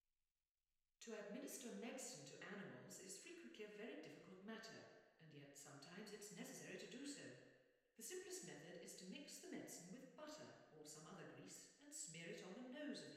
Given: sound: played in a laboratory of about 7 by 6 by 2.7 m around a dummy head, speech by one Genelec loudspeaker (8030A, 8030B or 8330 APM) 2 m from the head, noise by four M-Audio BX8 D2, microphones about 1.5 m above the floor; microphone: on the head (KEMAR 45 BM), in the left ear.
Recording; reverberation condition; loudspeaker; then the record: female speech in English; high; in front (0 degrees)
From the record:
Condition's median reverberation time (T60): about 1300 ms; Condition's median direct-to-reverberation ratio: about -4.0 dB